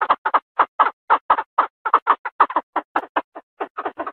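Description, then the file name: Chinese francolin giving quick, rasping, clucking notes in an uneven rhythm, some doubled, continuing steadily with no other sounds. Female. "tieng chim da da mai"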